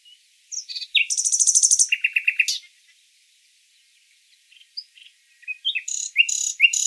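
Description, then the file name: Common nightingale song with a burst of rapid rattling notes growing louder, a short low chatter, a quiet gap, then bright whistled phrases at a quick pace. "Luscinia megarhynchos"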